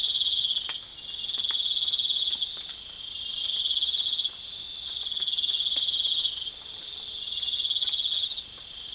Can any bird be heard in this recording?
no